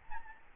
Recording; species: mosquito wingbeat signal from an infrared sensor; Aedes albopictus